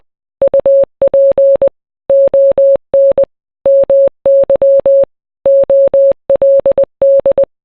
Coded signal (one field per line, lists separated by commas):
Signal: Morse code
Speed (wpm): 20 wpm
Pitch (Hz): 550 Hz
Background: none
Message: UP ON MY OLD